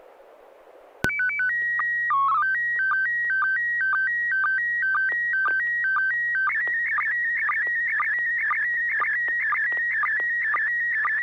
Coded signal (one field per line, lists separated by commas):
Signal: SSTV (slow-scan television)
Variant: PD 120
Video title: N6NA SSTV Net - 02/10/2021